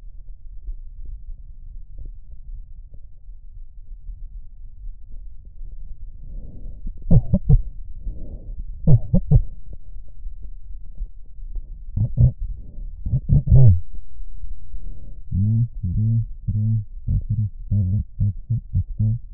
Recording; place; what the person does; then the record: lung sounds by stethoscope; right posterior apical chest; quiet breathing, then cough and speech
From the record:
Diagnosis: none (healthy); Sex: male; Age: 29 years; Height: 180 cm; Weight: 100 kg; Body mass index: 30.9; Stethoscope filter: extended mode